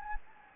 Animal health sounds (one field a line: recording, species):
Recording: mosquito wingbeat signal from an infrared sensor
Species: Anopheles gambiae